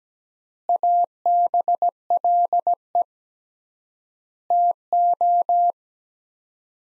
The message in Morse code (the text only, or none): ABLE TO